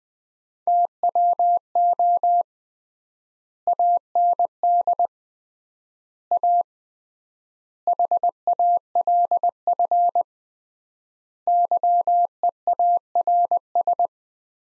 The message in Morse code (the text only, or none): TWO AND A HALF YEARS